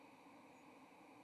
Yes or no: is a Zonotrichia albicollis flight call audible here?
no